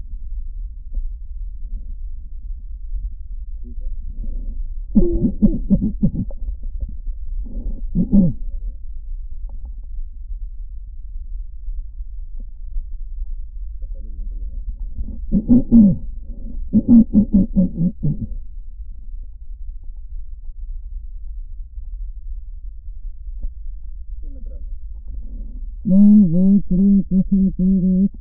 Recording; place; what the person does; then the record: lung sounds by stethoscope; left posterior basal chest; quiet breathing, then cough and speech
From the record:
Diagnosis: pulmonary infection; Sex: female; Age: 74 years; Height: 160 cm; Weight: 66 kg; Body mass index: 25.8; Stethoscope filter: diaphragm mode